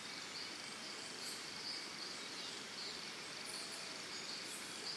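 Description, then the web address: Crickets keep up a continuous high-pitched chirping drone, with occasional brief bird notes above it and steady insect hiss throughout. Early morning in Costa Rica, forest and jungle setting, with birds calling alongside the crickets. "Big Room Sound Birds Crickets Costa Rica Early Morning"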